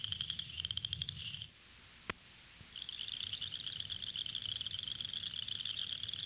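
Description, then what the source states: Southern chorus frog gives a rasping pulsed trill, then a pause broken by a single sharp click before the trilling resumes. Males calling from concealed positions, hard to locate; Florida, mainly pineland habitats; breeds in winter over most of its range, in spring and early summer in South Florida; call like a thumb run slowly down a comb's larger teeth.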